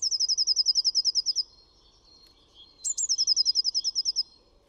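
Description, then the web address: Blue tit song: two bursts of rapid, high, even trills, each about 1.5 seconds long, the second opening with a sharp high note, separated by a short pause. "MESANGE BLEUE"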